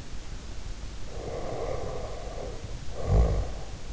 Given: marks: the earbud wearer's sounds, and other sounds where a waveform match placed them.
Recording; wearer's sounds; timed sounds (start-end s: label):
sounds in sleep by an in-ear microphone; snoring breath
1.00-3.86 s: snoring breath